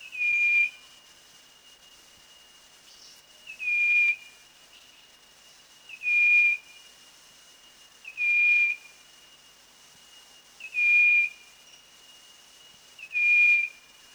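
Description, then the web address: Striped wren-babbler calling: a thin, level whistle repeated six times, about every two and a half seconds, over a faint steady high hum. Recorded at Danum, Borneo, on 1 March 2008. "DANUM 20080301. striped wren-babbler"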